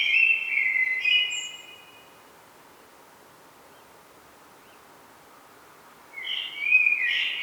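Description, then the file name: Common blackbird giving a fluted warble that fades out, followed by roughly four seconds of near silence and another mellow phrase with a high twittering end. "Turdus merula"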